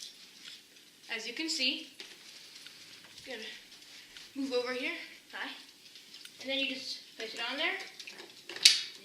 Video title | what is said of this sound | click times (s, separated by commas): Dyson Dc39 Canister Vacuum Review | you hear the click, and | 8.7 s